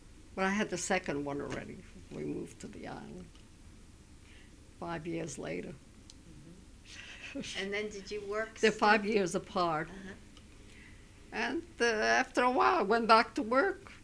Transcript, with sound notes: But I had the second one already when we moved to the Island. Five years later. (she laughs)
And then did you work...
They're five years apart.
Uh-huh.
And after a while went back to work.